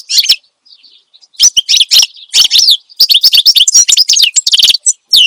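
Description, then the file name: Finch song: short opening chirps, a pause, then lively high-pitched twittering phrases with buzzy trills continuing to the end. Energetic ('gacor') song used as a master recording for tutoring songbirds. "Suara Kicauan Burung Finch Gacor Dor Cocok Untuk Masteran"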